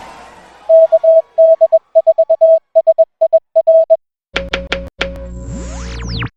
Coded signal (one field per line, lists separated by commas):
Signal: Morse code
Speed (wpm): 21 wpm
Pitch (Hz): 650 Hz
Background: music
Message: KD4SIR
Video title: The KD4SIR shack is now radio active!